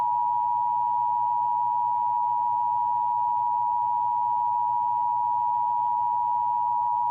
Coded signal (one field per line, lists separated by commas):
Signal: Emergency Alert System (SAME) tones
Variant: 853 and 960 Hz attention tone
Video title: EAS Tornado Warning During Nature Cat (2) (5-27-22 WHUT-DT2)